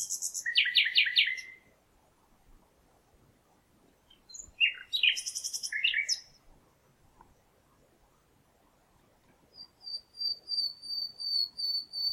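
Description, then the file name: Common nightingale song with rattling trills and harsh buzzy phrases, pauses between bursts, then a slow series of repeated piping whistles rising in loudness. "Luscinia megarhynchos"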